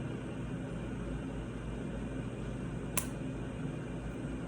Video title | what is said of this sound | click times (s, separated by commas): Glucometer Demo | There's the click. | 3.0 s